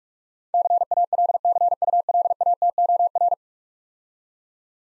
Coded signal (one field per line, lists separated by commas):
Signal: Morse code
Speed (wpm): 46 wpm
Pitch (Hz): 700 Hz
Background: none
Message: CALCULATOR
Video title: Easy Words - Speed-Racing with Hints - 35wpm